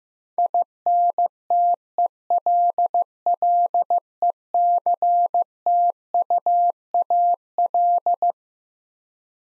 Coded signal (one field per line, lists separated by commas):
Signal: Morse code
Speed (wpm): 15 wpm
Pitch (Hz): 700 Hz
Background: none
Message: INTELLECTUAL